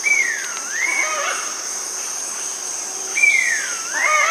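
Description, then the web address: Dusky-tailed Flatbill calls: two whistled notes that slide down then rise again, about three seconds apart, over a steady high insect drone. Bolivia and Peru, Amazon region. "Birds of the Amazon 3. Dusky-tailed Flatbill (Ramphotrigon fuscicauda), Bolivia, Peru"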